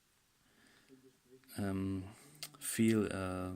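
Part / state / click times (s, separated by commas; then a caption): upper thread tension assembly part in a sewing machine / not seated / none. The upper thread tension assembly of a Supernova Julia 534 sewing machine is handled during reassembly and turned to the left toward its detent position. Faint handling ticks come at about 0.9 s and 1.4 s while someone talks. Nothing has clicked or seated yet.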